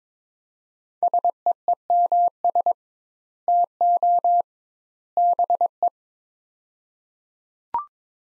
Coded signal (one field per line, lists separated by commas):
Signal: Morse code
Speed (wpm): 22 wpm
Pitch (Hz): 700 Hz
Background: none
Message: SEEMS TO BE